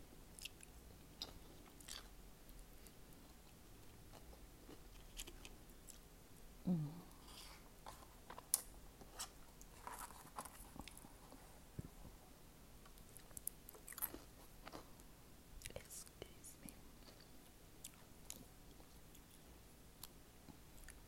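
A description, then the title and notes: Eating salmon egg rolls with strawberry yogurt and orange juice: soft, irregular chewing and biting noises scattered throughout, with occasional sharper crunches and clicks, one around seven seconds and another near eight and a half. A faint low hum runs underneath. Salmon Egg Rolls paired with Strawberry Yogurt and Orange Juice.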